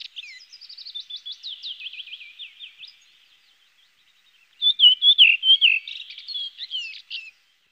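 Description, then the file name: Redwing song: a run of quick, high twittering notes that slowly falls in pitch, a short pause, then a louder, squeaky warbled phrase with chirps. "koperwiek redwing"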